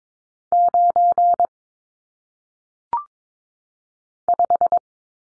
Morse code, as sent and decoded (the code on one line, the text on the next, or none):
----. / .....
9 5